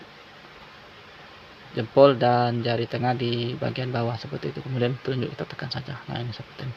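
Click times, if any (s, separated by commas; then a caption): none. During a repair of a Samsung Galaxy J1 Ace with a dark screen that vibrates, fingers are positioned on the LCD flex connector to line it up before pressing it into the phone mainboard socket, with the thumb and middle finger underneath and the index finger doing the pressing. After about 1.7 seconds of quiet background, someone talks for the rest of the clip. The connector has not seated or clicked yet.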